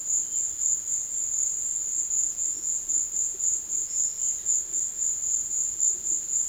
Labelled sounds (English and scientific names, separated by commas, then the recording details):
none
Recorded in secondary vegetation near Puerto Asís, Putumayo, Colombia, on 13 March 2025 at 15:00
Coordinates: 0.488, -76.319
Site G095